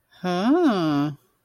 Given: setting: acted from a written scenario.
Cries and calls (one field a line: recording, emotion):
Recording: vocal sound without words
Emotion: romantic love